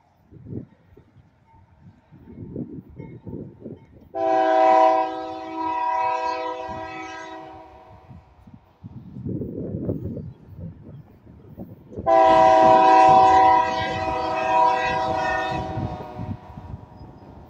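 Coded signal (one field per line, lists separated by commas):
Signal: train horn signal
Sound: two long, loud chord-like train horn blasts over rumbling train noise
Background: passing train rumble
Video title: Union Pacific horn signal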